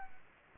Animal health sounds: mosquito wingbeat signal from an infrared sensor; Culex pipiens

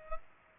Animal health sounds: mosquito wingbeat signal from an infrared sensor; Culex pipiens

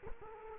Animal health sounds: mosquito wingbeat signal from an infrared sensor; Culex quinquefasciatus

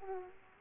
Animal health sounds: mosquito wingbeat signal from an infrared sensor; Aedes aegypti

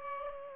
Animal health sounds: mosquito wingbeat signal from an infrared sensor; Aedes aegypti

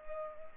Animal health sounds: mosquito wingbeat signal from an infrared sensor; Culex pipiens

